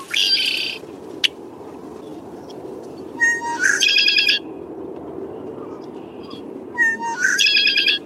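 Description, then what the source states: Red-winged Blackbird song: short introductory notes followed by a loud, buzzy, gurgling trill, repeated about every three and a half seconds. Male song heralding spring's return in wetlands, a loud gurgling trill followed by metallic clicks and pops, repeated from prominent perches; warns other males away and announces to females he is an available mate.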